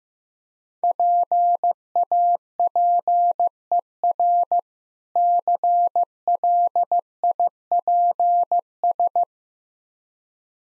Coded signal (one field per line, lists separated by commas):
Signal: Morse code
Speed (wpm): 15 wpm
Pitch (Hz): 700 Hz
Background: none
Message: PAPER CLIPS